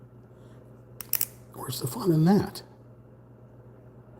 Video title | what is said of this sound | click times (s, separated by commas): 🔴 Building 3D Book Nook Kit: Cherry Blossom (Sakura) Tree Tea Pavillion. Part 2 | Okay, you heard it click into place. That's what you want. Dovetail. | 1.0 s, 1.1 s, 1.2 s